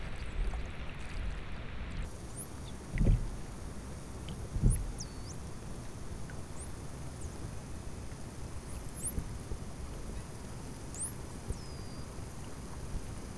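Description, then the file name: Striped dolphin whistles: several thin, high sweeps rising and falling in pitch over a steady underwater hiss, with two dull low thumps. "DAUPHIN BLEU BLANC"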